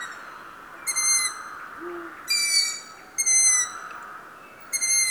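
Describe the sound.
Long-eared owl giving four drawn-out, squeaky, slightly falling calls spaced irregularly, with a steady soft background hiss.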